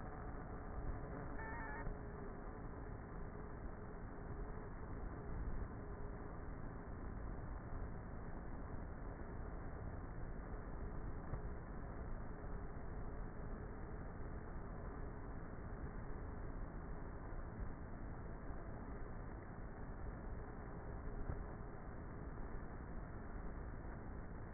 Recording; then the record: honeybee colony, microphone inside the hive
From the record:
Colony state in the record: queenless with a low population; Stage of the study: before two queens were removed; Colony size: about 30,000 bees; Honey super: no